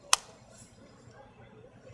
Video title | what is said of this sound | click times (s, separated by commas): IM TV - GOA 2008 - The Dura Group | And you know it's in because it popped. | 0.1 s